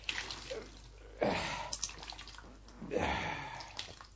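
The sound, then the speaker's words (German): A soaked cloth is wrung out twice, each squeeze releasing a gushing splash of water, with scattered drips trickling in between and afterward. “Gib her, dann wind ich ihn aus.”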